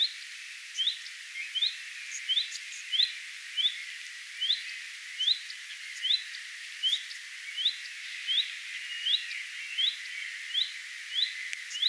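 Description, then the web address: Common redstart alarm calls: short rising whistled notes repeated steadily, a little faster than one per second, with faint high ticks and soft background chirps. Alarm or attention calls, recorded 3 May 2025. "paivat 3 5 2025 leppalinnun huomioaantelya"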